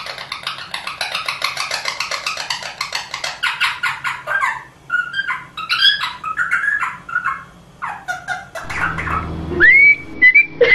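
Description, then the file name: Rosella with a long run of fast chattering notes turning into varied whistles, ending with clear whistled notes. "Canto da Rosela"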